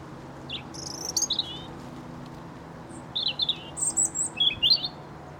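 European robin singing sweet, high-pitched trills and descending slurred notes in short phrases separated by a gap of quiet, with faint low background hum.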